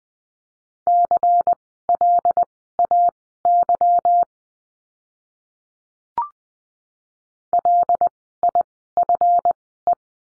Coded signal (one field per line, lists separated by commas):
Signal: Morse code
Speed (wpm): 20 wpm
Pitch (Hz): 700 Hz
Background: none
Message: CLAY LIFE